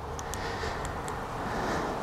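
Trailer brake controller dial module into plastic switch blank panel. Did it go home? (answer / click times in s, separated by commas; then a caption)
yes / 0.2 s, 0.3 s. A REDARC Tow Pro Elite trailer brake controller's control dial module is pressed into a plastic switch blank in the dash panel of a Nissan Frontier, over a steady low broadband hum. Two short, sharp clicks sound at 0.2 s and 0.3 s as the dial snaps in and seats all the way down.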